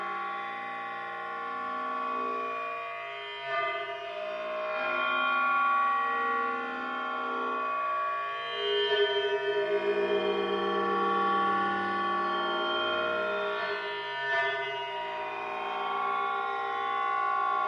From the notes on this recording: A repeating sequence from eurorack modular synth customised for drone work and looping/delay sent through transduction speaker attached to the surface of a found piece of crumpled aluminium scrapmetal